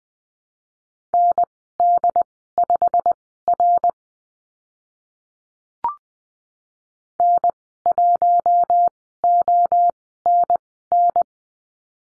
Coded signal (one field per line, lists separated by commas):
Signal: Morse code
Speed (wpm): 20 wpm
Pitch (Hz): 700 Hz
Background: none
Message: ND5R N1ONN